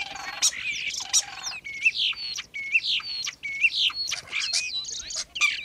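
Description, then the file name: Common starling song of clicks, rattles and repeated rising whistled chirps, mixed with squeaky notes in a lively jumble. "kuldnokk"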